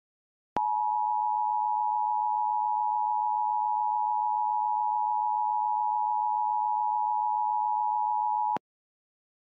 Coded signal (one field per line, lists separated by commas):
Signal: Emergency Alert System (SAME) tones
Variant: 853 and 960 Hz attention tone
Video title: EAS Another Required Weekly Test On WNS42 4/6/21 (EAS #438)